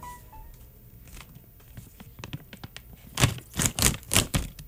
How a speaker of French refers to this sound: c'est le moment d'ouvrir l'emballage